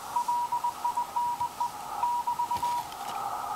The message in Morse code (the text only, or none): LINE <BT>